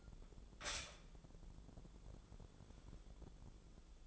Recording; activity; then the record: daily activity, microphone in the room; stop toaster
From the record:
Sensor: 5